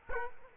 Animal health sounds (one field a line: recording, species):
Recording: mosquito wingbeat signal from an infrared sensor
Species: Culex quinquefasciatus